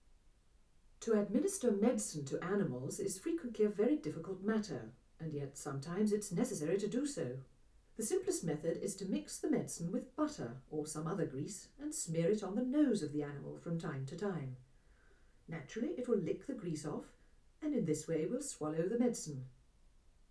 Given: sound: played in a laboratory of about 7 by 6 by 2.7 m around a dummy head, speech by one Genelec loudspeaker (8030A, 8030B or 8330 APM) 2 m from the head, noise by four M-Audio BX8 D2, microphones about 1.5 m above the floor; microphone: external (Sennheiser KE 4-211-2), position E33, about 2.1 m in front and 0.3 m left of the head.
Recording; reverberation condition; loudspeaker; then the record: female speech in English; low; 90 degrees to the left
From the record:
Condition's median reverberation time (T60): about 310 ms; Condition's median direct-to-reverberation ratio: about 3.5 dB